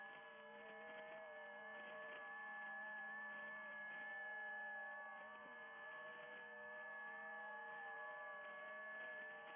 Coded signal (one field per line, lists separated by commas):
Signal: FT8